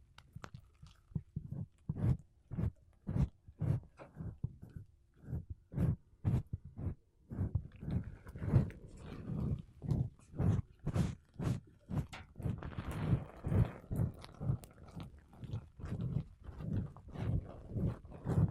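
Makeup brushes and a sponge rub over a microphone in quick, regular strokes, roughly two per second, each a soft, low swish with a scratchy edge. Around twelve to fourteen seconds the strokes blur together into a denser, brighter rustle before separating again.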